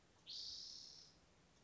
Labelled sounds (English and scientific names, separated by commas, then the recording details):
Spotted Towhee (Pipilo maculatus)
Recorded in Sonoma County, California